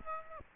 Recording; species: mosquito wingbeat signal from an infrared sensor; Aedes aegypti